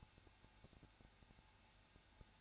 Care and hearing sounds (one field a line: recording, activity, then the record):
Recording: daily activity, microphone in the room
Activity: no activity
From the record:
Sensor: 2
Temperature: 21.0 degrees Celsius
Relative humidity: 34.3%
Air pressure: 994.4 hPa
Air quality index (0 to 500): 171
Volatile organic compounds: 3 ppm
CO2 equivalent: 1329 ppm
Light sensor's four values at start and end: 2/3/2/2 and 2/3/2/2